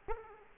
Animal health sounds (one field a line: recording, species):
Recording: mosquito wingbeat signal from an infrared sensor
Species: Aedes aegypti